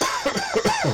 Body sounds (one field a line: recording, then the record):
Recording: coughing mixed with background sound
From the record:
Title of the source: Dry Coughing Fit in the Afternoon.